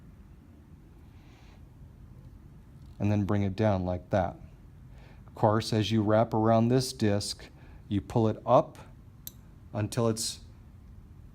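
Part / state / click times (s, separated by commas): sewing thread into the check spring hook of a sewing machine tension assembly / seated / 9.3 s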